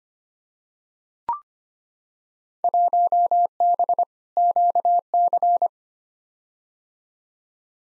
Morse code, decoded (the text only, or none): 1B QC